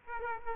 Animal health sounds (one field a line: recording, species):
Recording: mosquito wingbeat signal from an infrared sensor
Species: Aedes aegypti